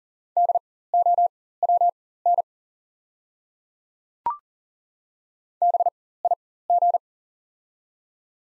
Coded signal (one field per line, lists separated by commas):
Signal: Morse code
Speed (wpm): 39 wpm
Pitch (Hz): 700 Hz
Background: none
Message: DOWN BIG